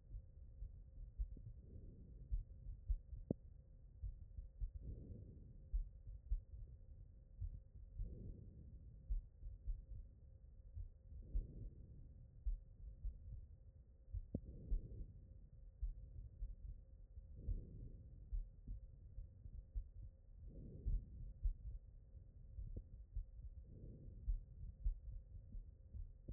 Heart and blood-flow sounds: heart sounds by stethoscope; aortic valve (AV)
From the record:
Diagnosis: non-HFrEF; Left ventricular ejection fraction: 75%

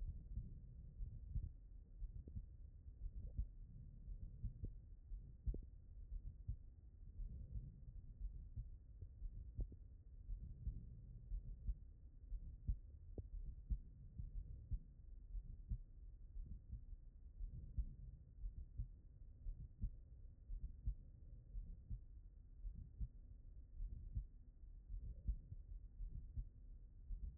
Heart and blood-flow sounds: heart sounds by stethoscope; aortic valve (AV)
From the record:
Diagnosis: non-HFrEF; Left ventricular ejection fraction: 59%

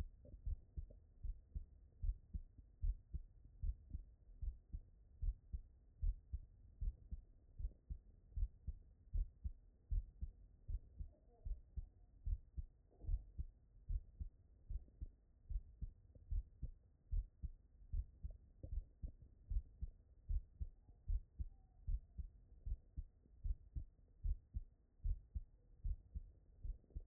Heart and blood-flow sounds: heart sounds by stethoscope; tricuspid valve (TV)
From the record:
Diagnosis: non-HFrEF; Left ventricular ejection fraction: 75%

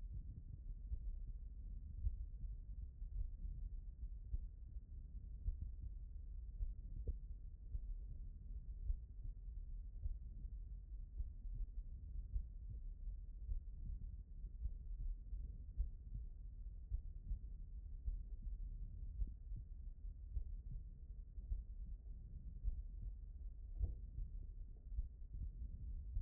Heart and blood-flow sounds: heart sounds by stethoscope; aortic valve (AV)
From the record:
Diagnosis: non-HFrEF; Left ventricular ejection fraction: 64%

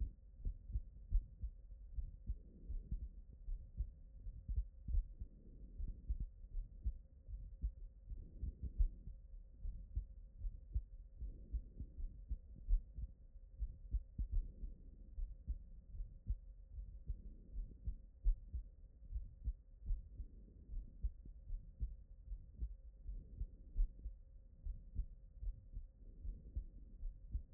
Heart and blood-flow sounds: heart sounds by stethoscope; tricuspid valve (TV)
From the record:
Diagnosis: non-HFrEF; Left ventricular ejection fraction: 64%

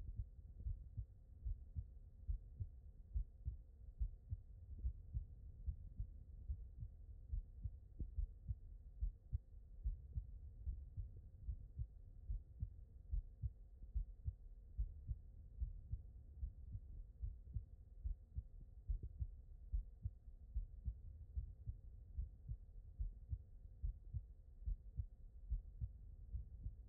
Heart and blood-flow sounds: heart sounds by stethoscope; aortic valve (AV)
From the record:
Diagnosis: non-HFrEF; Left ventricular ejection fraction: 75%

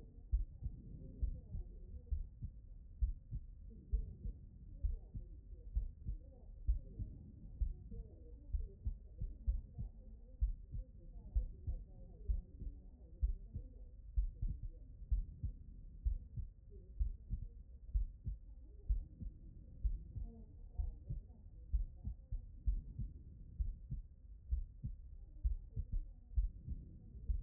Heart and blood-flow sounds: heart sounds by stethoscope; pulmonary valve (PV)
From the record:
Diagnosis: non-HFrEF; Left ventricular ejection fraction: 70%

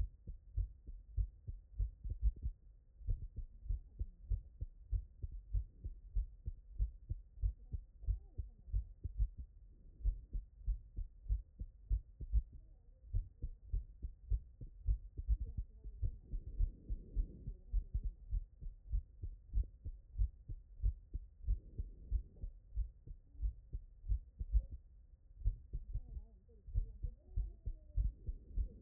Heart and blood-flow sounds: heart sounds by stethoscope; tricuspid valve (TV)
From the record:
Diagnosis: non-HFrEF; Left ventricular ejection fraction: 67%

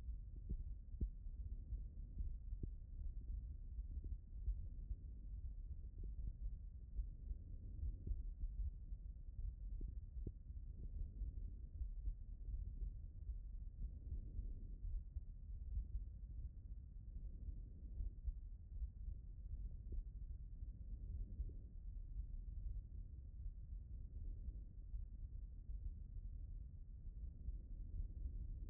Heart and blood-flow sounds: heart sounds by stethoscope; tricuspid valve (TV)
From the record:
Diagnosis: non-HFrEF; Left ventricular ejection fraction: 61%

